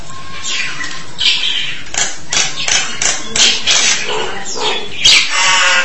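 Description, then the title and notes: Starling chatter of harsh, clicking and scratchy bursts in quick irregular succession, with a few brief whistled notes. "suara burung jalak"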